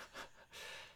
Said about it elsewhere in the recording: Our dog is asleep on the couch between us. She's a Cavapoo, which means she's a Cavalier King Charles Spaniel. Miniature poodle. If you hear that snoring, it's not just me snorting away next to the mic. It's our dog.